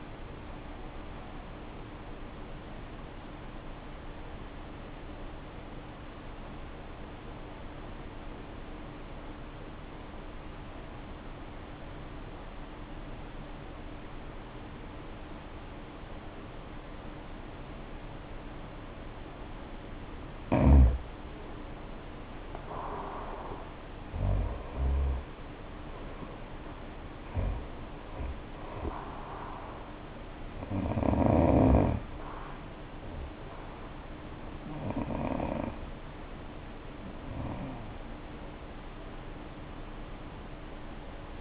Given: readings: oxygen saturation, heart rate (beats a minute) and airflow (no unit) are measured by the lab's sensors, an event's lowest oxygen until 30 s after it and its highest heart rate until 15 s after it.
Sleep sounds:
breathing in sleep by a voice recorder at the bedside; 1
7.00-20.10 s: obstructive apnea (N1, oxygen 94% highest, then 82% lowest, heart rate 54 at the start, 68 highest)
25.00-41.41 s: new sleep stage, N2 (light sleep)
From the record:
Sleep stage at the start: N1 (lightest sleep); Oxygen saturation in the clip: 82 to 94%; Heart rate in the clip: 53 to 68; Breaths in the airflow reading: 6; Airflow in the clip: -10.0 to 8.0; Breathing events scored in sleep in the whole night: 520 in 7.2 hours asleep

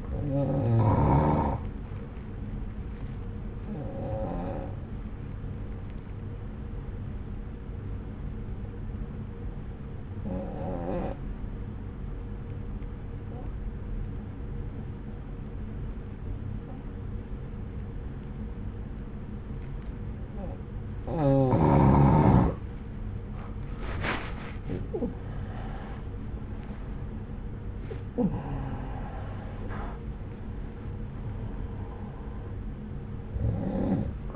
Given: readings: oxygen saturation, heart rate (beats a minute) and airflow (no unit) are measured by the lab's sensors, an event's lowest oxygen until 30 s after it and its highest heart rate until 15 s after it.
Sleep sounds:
breathing in sleep by a smartphone at the bedside; 1
3.00-25.30 s: hypopnea (N1, oxygen 93% highest, then 84% lowest)
From the record:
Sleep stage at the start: N1 (lightest sleep); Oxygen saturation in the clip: 87 to 93%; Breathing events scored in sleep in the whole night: 303 in 8.1 hours asleep

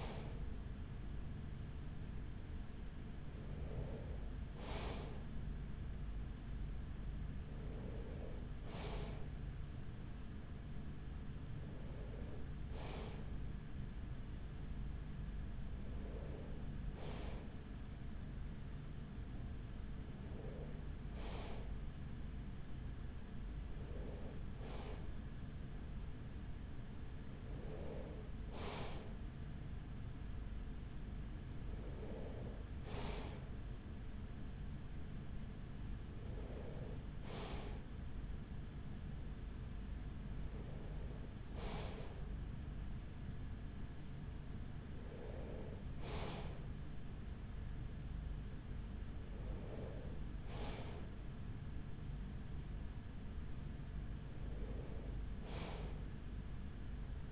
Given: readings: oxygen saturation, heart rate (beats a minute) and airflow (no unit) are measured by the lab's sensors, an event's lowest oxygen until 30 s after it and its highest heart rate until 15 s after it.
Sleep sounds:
breathing in sleep by a smartphone at the bedside; none
none scored
From the record:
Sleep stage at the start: N3 (deep sleep); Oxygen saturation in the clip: 94%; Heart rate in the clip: 42 to 45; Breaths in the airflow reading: 14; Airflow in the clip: -6.5 to 5.9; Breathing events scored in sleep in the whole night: 207 in 7.6 hours asleep

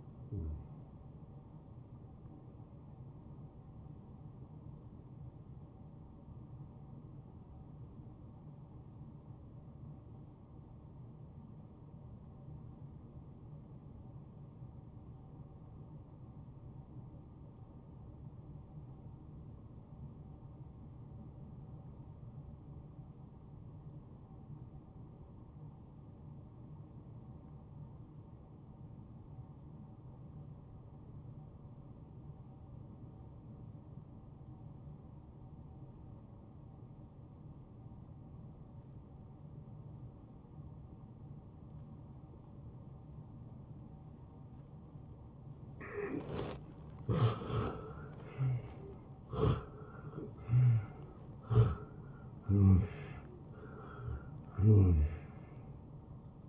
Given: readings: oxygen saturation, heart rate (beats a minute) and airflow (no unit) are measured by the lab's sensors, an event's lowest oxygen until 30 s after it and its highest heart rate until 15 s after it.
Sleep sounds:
breathing in sleep by a smartphone at the bedside; 1
6.00-45.60 s: obstructive apnea (N1, oxygen 95% highest, then 82% lowest)
From the record:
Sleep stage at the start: N1 (lightest sleep); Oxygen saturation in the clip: 79 to 95%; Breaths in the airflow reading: 5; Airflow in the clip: -17.6 to 13.6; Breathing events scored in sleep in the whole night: 263 in 5.5 hours asleep

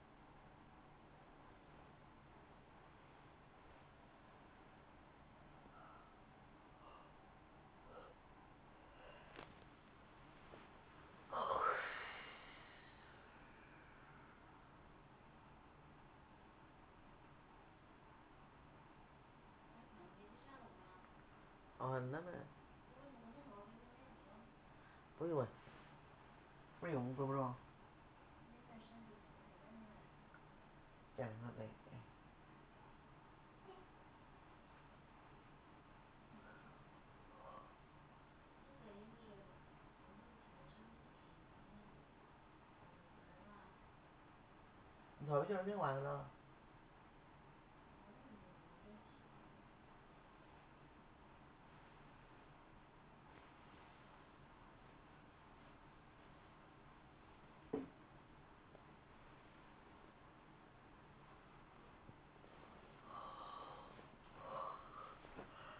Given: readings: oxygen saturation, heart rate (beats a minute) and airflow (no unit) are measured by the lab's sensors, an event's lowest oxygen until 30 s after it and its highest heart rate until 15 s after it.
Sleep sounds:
a person awake in a sleep study, by a voice recorder at the bedside; none
0.00-65.80 s: awake
0.00-65.80 s: awake
From the record:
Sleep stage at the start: awake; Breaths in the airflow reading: 23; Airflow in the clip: -0.7 to 0.7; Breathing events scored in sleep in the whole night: 328 in 6.3 hours asleep

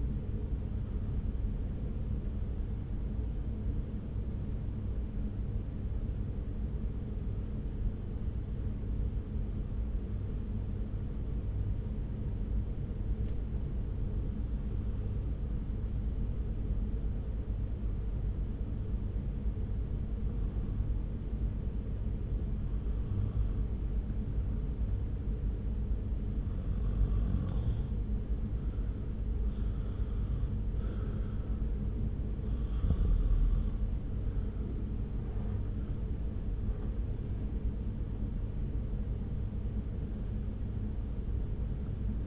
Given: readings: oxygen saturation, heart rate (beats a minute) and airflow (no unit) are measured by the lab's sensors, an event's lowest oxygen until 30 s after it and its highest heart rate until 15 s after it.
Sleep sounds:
breathing in sleep by a smartphone at the bedside; 1
10.00-31.70 s: hypopnea (N1, oxygen 94% highest, then 90% lowest)
From the record:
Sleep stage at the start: N1 (lightest sleep); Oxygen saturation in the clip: 90 to 94%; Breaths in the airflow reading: 17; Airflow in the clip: -1.0 to 1.9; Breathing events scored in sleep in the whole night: 335 in 6.7 hours asleep

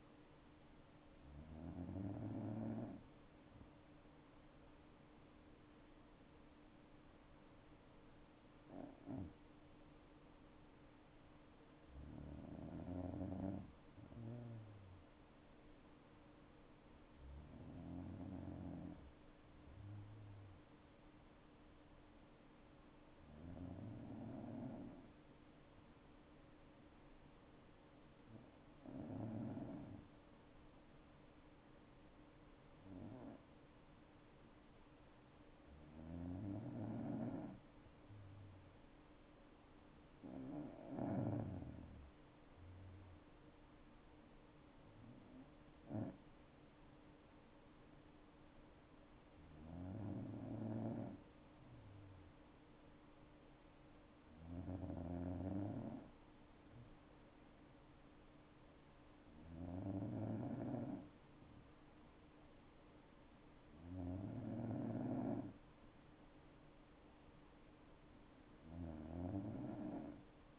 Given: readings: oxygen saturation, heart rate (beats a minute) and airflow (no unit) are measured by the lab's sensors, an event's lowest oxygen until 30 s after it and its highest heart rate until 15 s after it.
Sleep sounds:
breathing in sleep by a voice recorder at the bedside; 1
11.00-36.80 s: hypopnea (N2, oxygen 97% highest, then 94% lowest, heart rate 62 at the start, 71 highest)
From the record:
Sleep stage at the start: N2 (light sleep); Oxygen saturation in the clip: 93 to 97%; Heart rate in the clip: 58 to 71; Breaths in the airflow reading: 14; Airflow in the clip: -6.7 to 6.9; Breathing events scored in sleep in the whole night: 228 in 5.4 hours asleep

